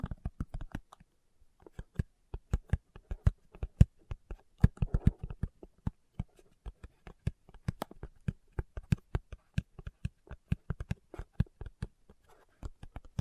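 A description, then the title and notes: Fingertips tap out quick, dry clicks in irregular bursts, sometimes several in rapid succession, then brief pauses, including a short gap near the one-second mark. Each tap is sharp with a soft low thump beneath, and the pace stays busy throughout. ASMR Tapping with Fingertips (No Talking).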